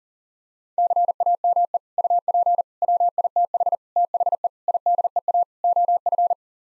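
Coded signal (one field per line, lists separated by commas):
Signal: Morse code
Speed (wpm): 37 wpm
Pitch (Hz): 700 Hz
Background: none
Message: CAME UP WITH THE IDEA OF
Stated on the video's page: Morse code head-copy drill at 40 wpm, sending common English six-word groups, each sent, spoken, then sent again.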